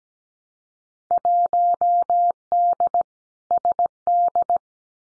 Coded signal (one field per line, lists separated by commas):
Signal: Morse code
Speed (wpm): 17 wpm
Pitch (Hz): 700 Hz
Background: none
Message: 1D SD